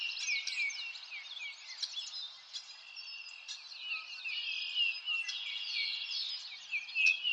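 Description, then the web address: Many birds twittering at once, bright rapid chirps and short slurred whistles forming a continuous busy chorus. Birds in a forest. "Sound Effects-Lynne Music Nature-Ambience-Birds-In-A-Forest"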